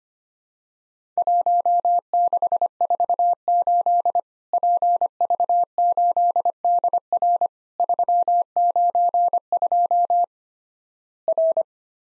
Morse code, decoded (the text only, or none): 1648 PV8DR 392 R